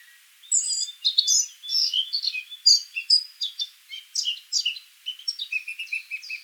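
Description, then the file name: Eurasian blackcap song: a short burst of bright, varied warbling notes that ends in a quick run of repeated chips. "Sylvia atricapilla"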